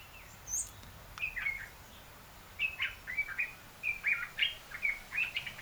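African red-eyed bulbul calls, a run of quick liquid chirping phrases growing busier toward the end.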